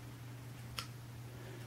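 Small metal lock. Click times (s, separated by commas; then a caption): 0.8 s. A Gerber Remix folding knife's blade is opened, and the liner lock in the handle slides into place with a faint, wimpy click at 0.8 s over a steady low hum. The blade locks open, but it does not snap firmly into place.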